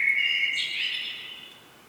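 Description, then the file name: Common blackbird giving a short fluty phrase that breaks into a higher rough twitter and fades away. "Turdus merula"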